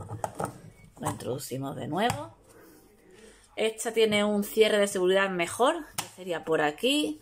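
A plastic measuring cup is pushed back into the lid opening of a kitchen robot, where it is held by a press fit. A sharp hit at 0.2 s marks it seating, followed by a few smaller knocks. Someone talks throughout.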